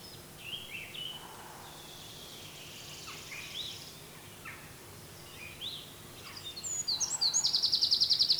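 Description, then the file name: Eurasian wren bursting into a loud, very fast, high rattling trill near the end, after several seconds of faint, scattered bird notes and background hiss. "Troglodytes troglodytes"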